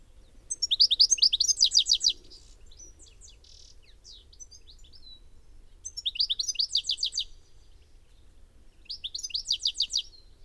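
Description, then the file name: European goldfinch twittering in three bursts of rapid, tinkling, buzzy high notes, each lasting about one to two seconds, with quiet gaps between them. "Carduelis carduelis"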